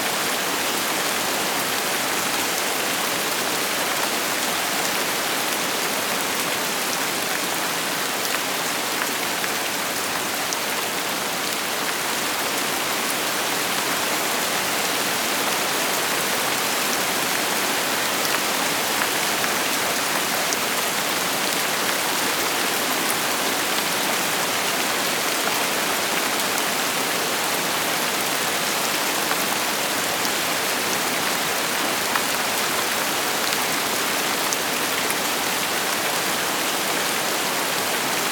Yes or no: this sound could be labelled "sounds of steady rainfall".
yes